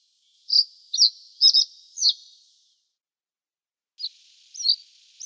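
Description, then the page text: Pine bunting: a string of sharp high chirps, a pause of over a second, then a few more thin notes. Singing trills. "Звук Белошапочная овсянка поет трели"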